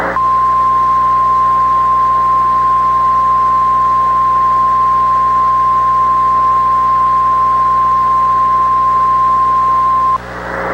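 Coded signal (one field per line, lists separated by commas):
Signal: Emergency Alert System (SAME) tones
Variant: 1050 Hz attention tone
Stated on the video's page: Recreated mock with valid tones of a tornado emergency as on a cable headend, using a Cable Envoy CEMS-1000 style.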